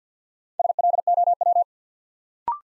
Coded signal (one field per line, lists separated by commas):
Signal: Morse code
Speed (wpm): 51 wpm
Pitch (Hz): 700 Hz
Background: none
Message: SLOW